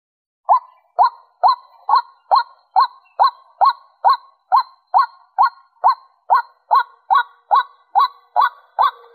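White-breasted waterhen calling, a steady series of short upward-hooked notes repeated about twice a second, regular and monotonous throughout.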